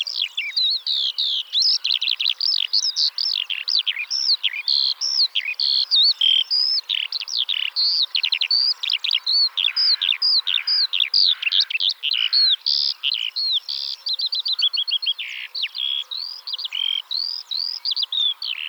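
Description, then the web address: Eurasian skylark pouring out a fast, ceaseless warble of sharp chirps and rolling trills, high and varied throughout, in an otherwise quiet background. "alauda arvensis call"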